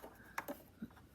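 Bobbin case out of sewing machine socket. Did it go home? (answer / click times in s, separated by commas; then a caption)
released / 0.4 s. A bobbin case is released from its socket in a sewing machine by pushing the release bar on the case. A sharp click at 0.4 s pops it out, followed by a duller knock at 0.5 s and a soft low thud near 0.8 s. The bobbin case comes free of the socket.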